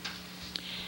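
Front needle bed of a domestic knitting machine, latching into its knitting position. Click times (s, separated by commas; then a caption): 0.6 s. A lowered front needle bed of a domestic knitting machine is pushed back up with both hands in the centre until it latches into its knitting position. A sharp click is heard at 0.6 s over a steady low hum, and the bed is seated.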